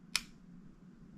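A Carter Revelation bowhunting thumb-button release is fired, and its metal jaw snaps open with a single short, quiet click at 0.2 s, softened by rubber dampeners. The magnet then returns the jaw for the next shot. The snap is much quieter than before, followed by low background hum.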